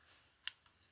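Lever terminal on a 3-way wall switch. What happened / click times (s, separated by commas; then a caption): A small plastic lever snapped open / 0.5 s. The red plastic lever on the wire terminal of a Leviton Decora Edge E5603-SW 3-way wall switch is flipped up to open the clamp for the traveler wire. A sharp, bright click snaps at 0.5 s, followed by a faint tick at about 0.7 s over a quiet background. The clamp lever snaps open, released.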